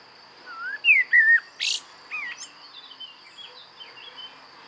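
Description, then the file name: Common blackbird: a few clear fluted whistles and a sharp scratchy note, then quieter, fainter whistles trailing off against a steady high background tone. "Turdus merula"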